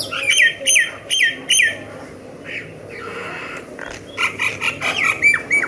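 Myna giving harsh, squawky calls with sharp downward-sweeping notes, then rougher rasping notes and a run of short chirps.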